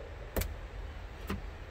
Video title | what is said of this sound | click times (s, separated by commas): HOW TO REMOVE YOUR JEEP WRANGLER JL HARD TOP REMOVAL STEP BY STEP TAKE OFF YOUR TOP ON YOUR WRANGLER | windshield washer fluid there's a silver tab on there and if you listen real closely you can hear it click so | 0.4 s